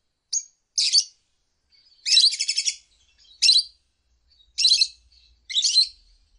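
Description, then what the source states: Lovebird song: several short, sharp, high chirps, with one longer, fast, buzzy chattering burst among them. Lovebird ngekek song, used as a bait song to prompt other lovebirds to sing.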